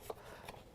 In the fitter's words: Once they're all the way in, you can hear it snap.